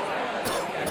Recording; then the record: coughing mixed with background sound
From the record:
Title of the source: Coughing 79